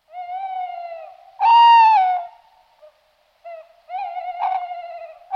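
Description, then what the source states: Owl hooting: a long harmonic hoot, then a louder rising-falling hoot, and further hoots after a silent gap. Recorded on 24 March 2021 in the evening, from 21:11 to 21:17.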